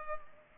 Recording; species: mosquito wingbeat signal from an infrared sensor; Culex pipiens